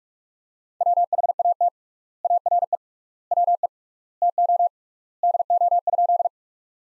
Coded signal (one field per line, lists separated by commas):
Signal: Morse code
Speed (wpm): 47 wpm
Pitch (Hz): 700 Hz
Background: none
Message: WHAT ARE WE TO DO?